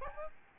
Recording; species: mosquito wingbeat signal from an infrared sensor; Aedes albopictus